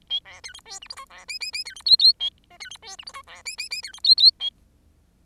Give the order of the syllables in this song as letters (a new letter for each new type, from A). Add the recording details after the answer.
A B C D E F G H B I I I C D J J A K C D E F G H B I I I C D J J A. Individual Bird10